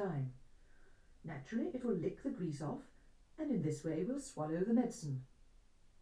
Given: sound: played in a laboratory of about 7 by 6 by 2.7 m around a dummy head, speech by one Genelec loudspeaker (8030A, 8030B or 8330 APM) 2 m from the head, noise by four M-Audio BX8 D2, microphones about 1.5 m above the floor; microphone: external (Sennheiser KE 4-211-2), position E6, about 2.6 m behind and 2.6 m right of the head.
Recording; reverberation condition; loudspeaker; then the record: female speech in English; low; behind (180 degrees)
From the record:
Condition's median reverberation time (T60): about 310 ms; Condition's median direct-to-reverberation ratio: about 3.5 dB